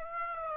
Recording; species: mosquito wingbeat signal from an infrared sensor; Aedes aegypti